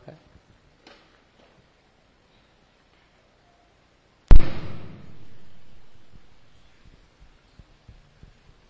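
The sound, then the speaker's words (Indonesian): A single sharp firecracker bang bursts outside out of near silence, followed by a rumbling, echoing tail that fades over about two seconds; a faint earlier pop precedes it. “Mercon.”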